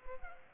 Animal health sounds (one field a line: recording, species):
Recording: mosquito wingbeat signal from an infrared sensor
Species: Culex pipiens